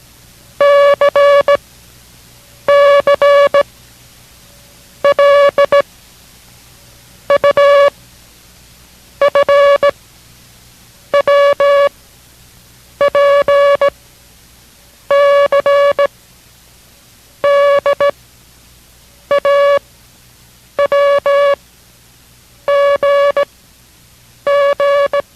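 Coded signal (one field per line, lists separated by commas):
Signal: Morse code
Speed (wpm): 17 wpm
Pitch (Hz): 570 Hz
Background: music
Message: C C L U F W P C D A W G G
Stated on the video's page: Morse code course lesson, learning code by sound, progressing over 12 lessons to five words per minute.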